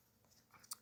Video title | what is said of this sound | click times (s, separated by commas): Modhouse Tungsten Single & Double Sided Headphone Review - When a Cover Band Writes Originals | you feel the magnetic field pull it in until it eventually gets lined up and then when you can no longer twist it it snaps right into place there | 0.7 s